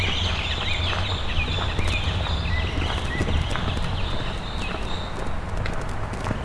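Bird chirps and short rising whistles scattered over a steady low rumble, with occasional clattering knocks in the background.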